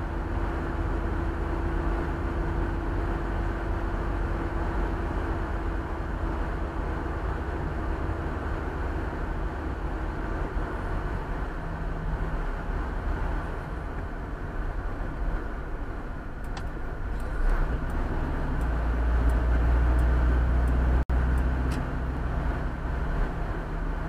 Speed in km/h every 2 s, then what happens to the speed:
75, 76, 75, 74, 73, 71, 68, 63, 58, 59, 62, 63.
0-11 steady at about 74. 11-16 slows to 58. 16-24 steady at about 59.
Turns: none.